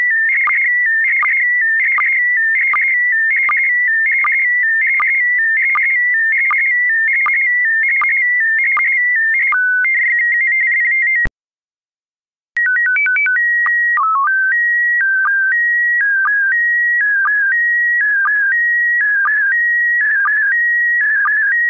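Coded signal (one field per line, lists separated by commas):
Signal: SSTV (slow-scan television)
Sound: warbling whistle-like tone near 2 kHz with rhythmic short low blips, brief pause midway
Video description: Use MMSSTV (Windows), Robot 36 (Android), QSSTV (as in the video, Linux) or one of the SSTV programs/apps for Apple to decode the audio yourself.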